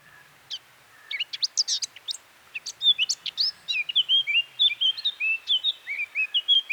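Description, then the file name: Eurasian blackcap song opening with scratchy, sharp chattering notes, then breaking into a sustained series of rich, fluty warbles. "Sylvia atricapilla"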